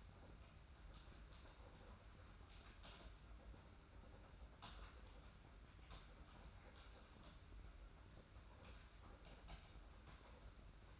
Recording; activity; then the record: daily activity, microphone in the room; typing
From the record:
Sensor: 2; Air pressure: 991.6 hPa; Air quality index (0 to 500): 193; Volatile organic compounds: 1000 ppm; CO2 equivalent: 6348 ppm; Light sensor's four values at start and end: 27/85/33/31 and 27/85/33/31